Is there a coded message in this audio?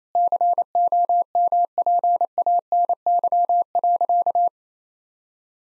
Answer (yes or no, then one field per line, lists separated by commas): yes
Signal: Morse code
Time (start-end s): 0.2-4.5 s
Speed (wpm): 28 wpm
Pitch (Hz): 700 Hz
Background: none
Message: COMPANY.